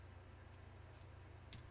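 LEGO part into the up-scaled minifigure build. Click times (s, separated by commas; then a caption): 1.5 s. A LEGO part is pressed into an up-scaled Darth Vader minifigure build over a steady low hum, and a single sharp click at 1.5 s shows that it has seated in place.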